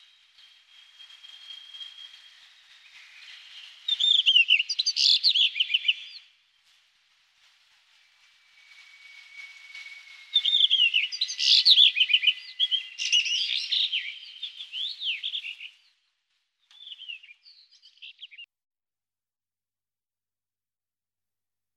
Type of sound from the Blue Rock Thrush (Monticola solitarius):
song